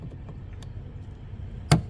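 A plastic push-tab clip in the bumper trim of a Subaru Outback Wilderness, being removed for a tow hitch installation, has its center pin pushed in a second time. After faint ticks around 0.3 and 0.6 s over a low rumble, a sharp, bright click lands at 1.7 s as the pin clicks in and the clip is released.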